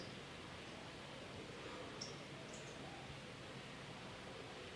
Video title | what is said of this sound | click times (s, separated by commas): XLR male to female mic cable 2 meter online shopping Flipkart | थोड़ा दबाने पे click की साउंड आ रही है तो ये अच्छे से वर्क कर रहा है | 2.0 s